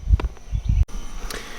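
A metal retainer clip is pushed onto the welded bracket of an aftermarket third-row seat mount on a Jeep Wrangler frame and snaps on with a sharp click at 0.2 s. Low thumps and handling noise follow, with another brief tick near 1.3 s. The clip is seated, and retainer clips are in on both sides.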